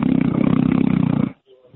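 A single low, rattling snore lasting over a second comes through a phone line from an adult man who fell asleep on hold, then silence.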